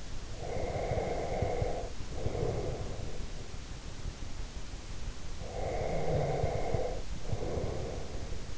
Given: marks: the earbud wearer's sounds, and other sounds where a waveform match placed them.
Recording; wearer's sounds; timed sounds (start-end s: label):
sounds in sleep by an in-ear microphone; breath
0.39-3.36 s: breath
5.40-8.58 s: breath